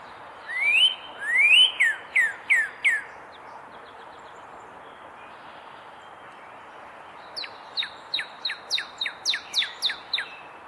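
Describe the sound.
Northern cardinal singing two rising slurred whistles and a run of down-slurred notes, silence, then a fast steady series of about ten sharp descending notes.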